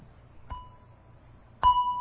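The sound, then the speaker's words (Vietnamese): Two light taps with a mallet on a Buddhist temple bell to wake it before striking, a soft one followed about a second later by a louder one, each leaving a clear, steady metallic ring that hangs on. “Trước khi mình thỉnh chuông á, là mình phải cầm cái dùi lên và mình thức cái chuông 2 cái trước.”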